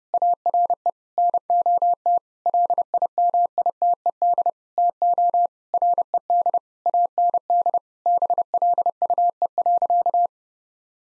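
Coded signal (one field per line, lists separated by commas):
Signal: Morse code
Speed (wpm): 32 wpm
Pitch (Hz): 700 Hz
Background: none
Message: ARE NOT LIMITED TO RED AND BLUE.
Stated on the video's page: Morse code sentence-copying practice at 30 wpm built on common six-word phrases, sent once, then spoken, then sent again.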